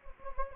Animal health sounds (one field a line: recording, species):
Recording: mosquito wingbeat signal from an infrared sensor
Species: Anopheles gambiae